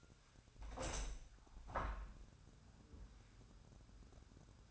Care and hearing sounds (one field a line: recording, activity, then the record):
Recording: daily activity, microphone in the room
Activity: open window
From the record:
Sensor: 2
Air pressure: 1006.4 hPa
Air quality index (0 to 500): 197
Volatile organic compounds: 13 ppm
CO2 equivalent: 2406 ppm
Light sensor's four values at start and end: 8/21/8/9 and 9/21/9/9